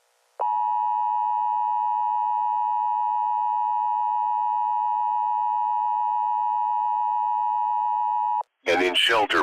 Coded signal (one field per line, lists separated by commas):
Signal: Emergency Alert System (SAME) tones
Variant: 853 and 960 Hz attention tone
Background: speech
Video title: EAS Mock Alien Attack